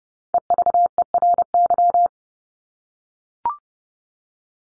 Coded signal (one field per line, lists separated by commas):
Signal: Morse code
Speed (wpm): 30 wpm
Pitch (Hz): 700 Hz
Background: none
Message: EVERY